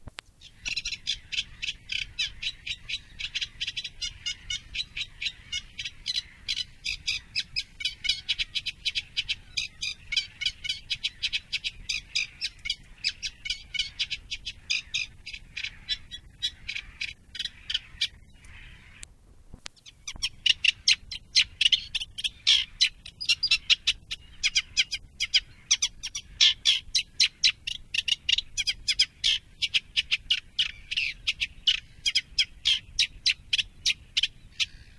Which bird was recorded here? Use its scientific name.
Acrocephalus scirpaceus